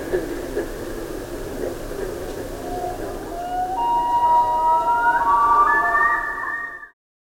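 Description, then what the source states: Common Loon wail: drawn-out tones that slide upward and hold over the second half, after a stretch of background noise. Carden Alvar, Ontario, August 2026.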